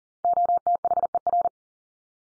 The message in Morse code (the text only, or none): OTHER